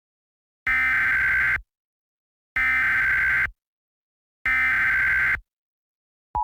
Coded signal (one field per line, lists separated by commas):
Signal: Emergency Alert System (SAME) tones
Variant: header bursts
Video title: EAS - Law Enforcement Warning for Alexis (Real Threat) (1/2) #ponytown #predator